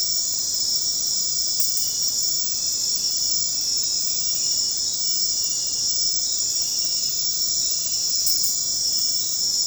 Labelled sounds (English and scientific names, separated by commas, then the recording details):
none
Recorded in secondary vegetation near Puerto Asís, Putumayo, Colombia, on 9 March 2025 at 01:30
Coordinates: 0.484, -76.319
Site G010